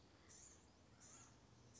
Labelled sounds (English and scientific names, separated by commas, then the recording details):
Blue-gray Gnatcatcher (Polioptila caerulea)
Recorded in Sonoma County, California